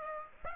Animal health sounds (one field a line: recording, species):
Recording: mosquito wingbeat signal from an infrared sensor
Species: Aedes aegypti